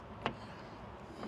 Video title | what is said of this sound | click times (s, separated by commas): A really sturdy shelf once you figure how to put it on. | Yeah, it's already contacting, and that won't snap in. | none